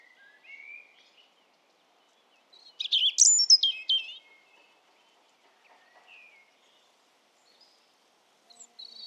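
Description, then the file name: European robin giving a few soft lower notes, then a burst of high, tumbling, sharply changing notes, followed by quiet scattered faint notes. "Erithacus rubecula"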